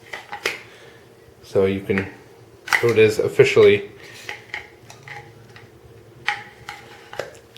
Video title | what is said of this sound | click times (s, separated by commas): Cold Steel Peace Maker 2 - review and cutting test | way and locks in place so | 0.1 s, 0.5 s